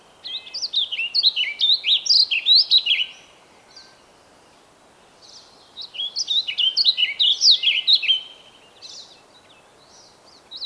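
Bird song with two long phrases of fast, high warbling notes, each about three seconds, separated by a quiet gap.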